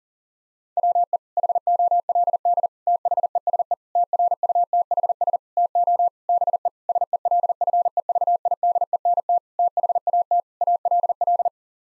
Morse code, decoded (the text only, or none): WE HOLD THESE TRUTHS TO BE SELFEVIDENT THAT ALL